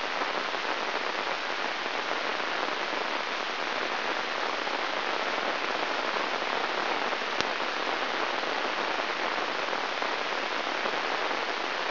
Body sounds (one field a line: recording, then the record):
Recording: brain microelectrode recording played as sound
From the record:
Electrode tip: inside the subthalamic nucleus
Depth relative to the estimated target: -2.5 mm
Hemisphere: right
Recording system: AlphaMap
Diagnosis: Parkinson's disease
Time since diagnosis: 13 years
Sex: male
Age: 63 years